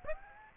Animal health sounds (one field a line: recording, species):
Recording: mosquito wingbeat signal from an infrared sensor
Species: Aedes aegypti